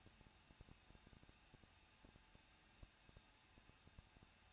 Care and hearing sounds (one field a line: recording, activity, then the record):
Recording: daily activity, microphone in the room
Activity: no activity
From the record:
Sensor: 2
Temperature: 21.0 degrees Celsius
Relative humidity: 37.3%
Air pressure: 1006.3 hPa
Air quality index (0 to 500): 220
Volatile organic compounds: 23 ppm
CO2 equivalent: 2782 ppm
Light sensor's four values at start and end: 2/3/2/2 and 2/3/2/2